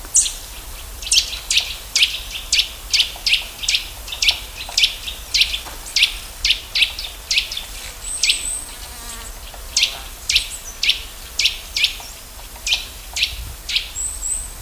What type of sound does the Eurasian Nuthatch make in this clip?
call